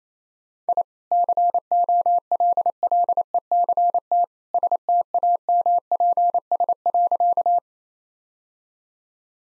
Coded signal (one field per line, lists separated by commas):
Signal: Morse code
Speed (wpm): 28 wpm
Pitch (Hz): 700 Hz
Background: none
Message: I COLLECT STAMPS.